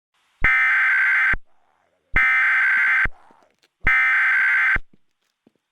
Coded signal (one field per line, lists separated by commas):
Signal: Emergency Alert System (SAME) tones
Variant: header bursts